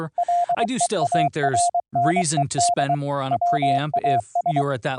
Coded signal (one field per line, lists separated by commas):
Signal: Morse code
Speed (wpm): 23 wpm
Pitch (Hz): 700 Hz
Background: speech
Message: LEARNED WAS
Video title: Python APP for a VLF 12Khz AM modulated Transmitter & Receiver - VOICE & CW over iP - Live DEMO